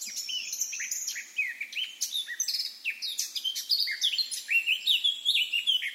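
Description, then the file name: Eurasian blackcap song: a fast, varied warble of sharp chirps and sweeping whistled notes. "Sylvia atricapilla"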